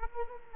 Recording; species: mosquito wingbeat signal from an infrared sensor; Culex quinquefasciatus